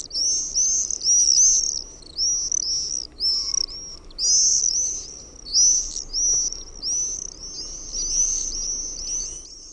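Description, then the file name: Common Swift screaming, shrill high trilled screams in bursts with brief gaps between. "TERVAPAASKY"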